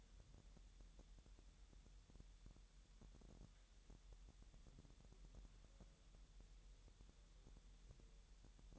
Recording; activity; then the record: daily activity, microphone in the room; wipe stove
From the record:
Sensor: 3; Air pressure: 1000.9 hPa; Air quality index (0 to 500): 248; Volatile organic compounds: 176 ppm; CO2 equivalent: 4128 ppm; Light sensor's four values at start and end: 12/28/12/11 and 12/28/12/12